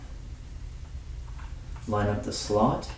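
A new RAM module is lined up with the SO-DIMM slot of a Dell M2800 laptop before being pressed home, with only a faint low background hum and a soft tick around 1.7 s. Someone talks in the second half. Nothing has seated or clicked yet.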